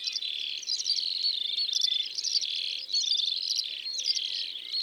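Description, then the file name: Eurasian skylark song of high, repeated chirping phrases over a steady buzzy background. Drôme, France. "Alouettes des champs Concerts Naturels de la Drome Studio les Trois Becs"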